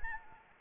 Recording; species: mosquito wingbeat signal from an infrared sensor; Anopheles arabiensis